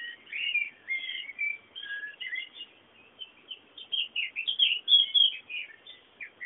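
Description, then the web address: Bird song, rapid bursts of high twittering notes and short slurred chirps, several per second, with short gaps. Bird sounds meant as background ambience. "sounds fondo pajaros"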